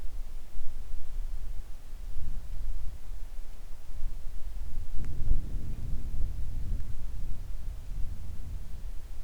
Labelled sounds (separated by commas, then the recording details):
wind, rain
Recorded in the Arctic National Wildlife Refuge, Alaska, on 3 August 2019 at 10:35
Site 41